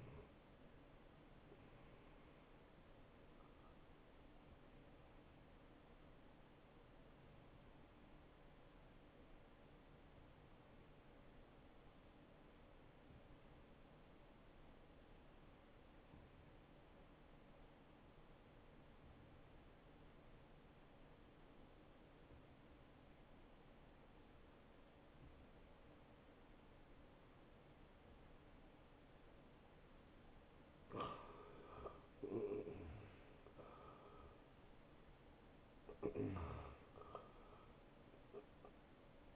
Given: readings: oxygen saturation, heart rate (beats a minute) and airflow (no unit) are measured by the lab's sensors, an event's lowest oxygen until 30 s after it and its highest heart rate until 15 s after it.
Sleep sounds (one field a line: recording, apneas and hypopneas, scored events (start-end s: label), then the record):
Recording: breathing in sleep by a voice recorder at the bedside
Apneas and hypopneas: 1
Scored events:
5.00-31.40 s: hypopnea (N1, oxygen 94% highest, then 80% lowest, heart rate 75 at the start, 81 highest)
From the record:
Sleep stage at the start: N1 (lightest sleep)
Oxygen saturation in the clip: 83 to 94%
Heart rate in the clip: 68 to 81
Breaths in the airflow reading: 12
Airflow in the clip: -14.7 to 8.8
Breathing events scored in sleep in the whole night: 263 in 5.5 hours asleep